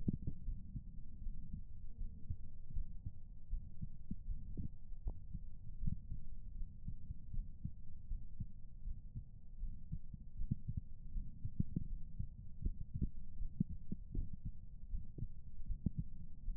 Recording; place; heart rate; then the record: heart sounds by stethoscope; pulmonary valve (PV); 80 bpm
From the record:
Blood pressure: 137/74 mmHg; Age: 59 years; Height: 158 cm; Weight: 74 kg